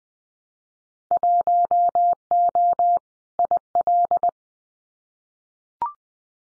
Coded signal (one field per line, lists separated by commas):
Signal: Morse code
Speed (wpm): 20 wpm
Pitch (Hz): 700 Hz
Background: none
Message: 1O IL